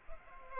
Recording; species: mosquito wingbeat signal from an infrared sensor; Culex pipiens